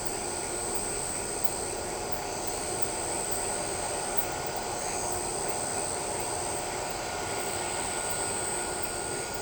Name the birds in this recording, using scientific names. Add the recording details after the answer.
none. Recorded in shrubland near Pivijay, Magdalena, Colombia, on 15 April 2023 at 19:30. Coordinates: 10.453, -74.365. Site P5-G022